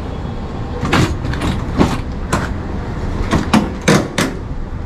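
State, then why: Seated. A patient stretcher is pushed into an ambulance and engaged in its floor lock system. Several sharp metallic hits are heard, with lock clicks at 3.5, 3.9 and 4.2 seconds, and the stretcher is fully locked into the floor mount.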